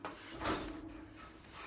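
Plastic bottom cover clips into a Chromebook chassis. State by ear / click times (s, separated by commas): not seated / none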